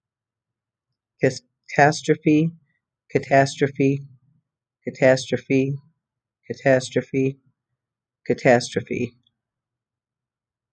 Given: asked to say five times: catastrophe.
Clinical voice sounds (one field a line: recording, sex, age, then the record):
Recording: repeated word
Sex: female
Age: 50 to 59 years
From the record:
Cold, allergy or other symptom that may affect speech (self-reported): no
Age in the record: 55 years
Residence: Illinois, United States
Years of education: 16